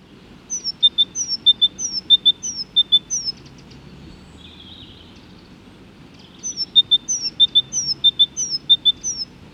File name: Great Tit (Parus major)